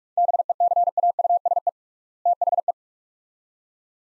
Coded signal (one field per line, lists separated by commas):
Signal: Morse code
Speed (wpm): 45 wpm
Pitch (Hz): 700 Hz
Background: none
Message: BECAUSE THE